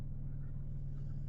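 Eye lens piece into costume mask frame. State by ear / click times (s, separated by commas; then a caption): not seated / none. A removable magnetic eye lens piece is being hooked into the frame of a wearable Spider-Man costume mask. Only a steady low hum with a strong tone near 150 Hz and a vehicle-like rumble is heard, with no sharp sounds. The clip ends before the lens goes home, so nothing has seated or snapped into place yet.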